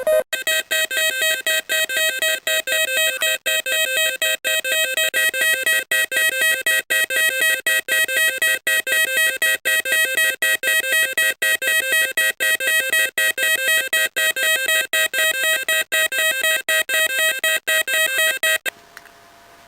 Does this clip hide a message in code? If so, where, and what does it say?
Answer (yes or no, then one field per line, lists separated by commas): no